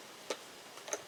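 A small black plastic retaining tab is slid in from underneath on the fuel pump module of a 1998 GMC Jimmy. Two short, sharp clicks are heard at 0.3 s and 0.9 s, and the tab is seated in place.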